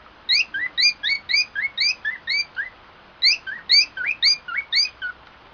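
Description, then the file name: Cockatiel whistles: upturned, slurred chirps with a ringing upper tone, delivered in two quick runs of about ten and eight notes with a short break. White-faced variety; song. "canto da calopsita cara branca"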